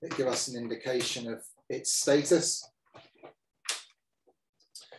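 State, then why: Seated. Someone talks as a portable sports camera is mounted onto a tripod head, followed by a few soft knocks. A sharp click at 4.8 s marks the camera locking into place on the tripod mount.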